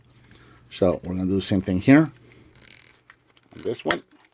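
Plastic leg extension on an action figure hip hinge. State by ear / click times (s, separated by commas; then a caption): seated / 3.9 s. Someone talks, then the second plastic leg extension of a Power of the Primes Leader Class Optimal Optimus action figure is rotated up on its internal hip hinge, repeating the step just done on the first leg. A few faint handling ticks lead up to a sharp click at 3.9 s as the leg seats into place.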